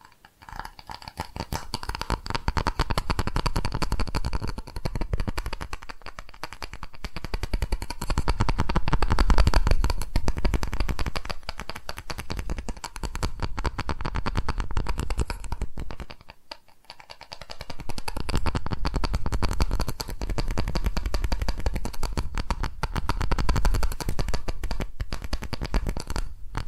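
ASMR tapping, a dense run of quick, crisp taps and scratchy clicks that keeps up without a break, rising and easing in loudness in slow waves. Near the middle, around sixteen seconds, it goes almost silent for a moment, then resumes just as busily.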